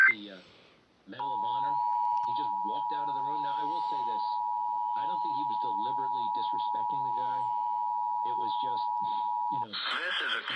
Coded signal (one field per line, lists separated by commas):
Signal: Emergency Alert System (SAME) tones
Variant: 853 and 960 Hz attention tone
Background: speech